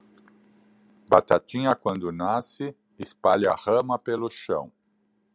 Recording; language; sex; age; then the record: short text; Brazilian Portuguese; male; 50 to 59 years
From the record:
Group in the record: control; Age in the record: 58 years